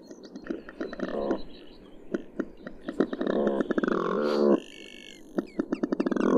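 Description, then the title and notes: Smew rattling croaks in a few stretches, with many ticking notes between. "Uivelo. Viikon luontoäänen esitteli Hannu Jännes"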